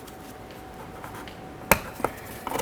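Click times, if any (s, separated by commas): 1.7 s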